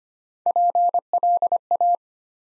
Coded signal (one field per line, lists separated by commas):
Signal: Morse code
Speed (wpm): 25 wpm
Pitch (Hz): 700 Hz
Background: none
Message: PLA